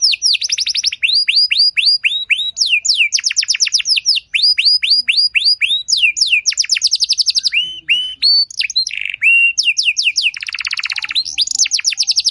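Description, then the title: Belgian canary song: fast rolling trills of high, steeply falling notes, switching tours every second or two, with a brief buzzy, harsher phrase near the end. Song with luxurious, varied phrasing, played back to stimulate other canaries into answering and singing at length. "Canto Para Esquentar Canário Belga. Suara Burung Kenari Lagu dan Cengkok Mewah Buat Kenari Lain Bakal Langsung Nyaut Gacor Panjang"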